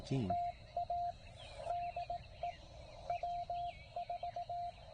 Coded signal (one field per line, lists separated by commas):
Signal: Morse code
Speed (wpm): 18 wpm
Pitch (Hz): 700 Hz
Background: speech, radio noise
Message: TA DE W4